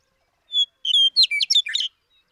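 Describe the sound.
Western meadowlark song phrase: two whistled notes followed by a fast, bubbling run of liquid warbles, all high and clear against silence.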